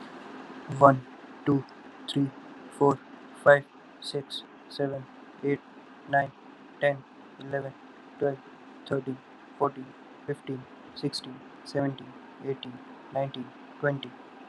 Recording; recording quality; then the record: counting at a normal pace; moderate, slight background noise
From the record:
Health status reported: healthy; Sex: male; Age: 19 years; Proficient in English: yes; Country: India